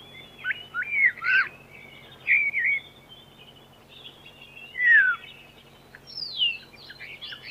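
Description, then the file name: Common starling song of looping and sliding whistles, including a loud falling whistle, mixed with squeaky notes. "skvoretz"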